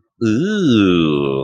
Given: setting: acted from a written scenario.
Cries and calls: vocal sound without words; disgust

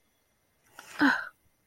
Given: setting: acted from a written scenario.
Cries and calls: vocal sound without words; shame

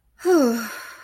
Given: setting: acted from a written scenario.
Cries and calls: vocal sound without words; serenity

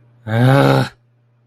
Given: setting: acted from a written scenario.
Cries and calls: vocal sound without words; anger

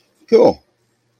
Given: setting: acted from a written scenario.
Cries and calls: vocal sound without words; positive surprise

